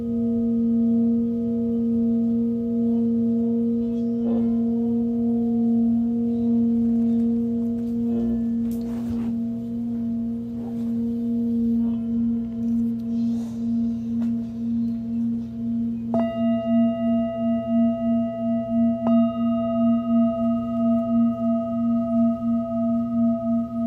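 Singing bowls hum in a steady, low ringing drone, with a second bowl struck near sixteen seconds adding a brighter, pulsing shimmer.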